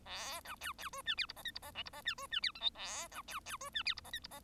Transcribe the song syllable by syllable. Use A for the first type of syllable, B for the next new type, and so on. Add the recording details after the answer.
A B C C D E F G H I G H J G H E D E F K L A B C C D E F G H I G H. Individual Bird1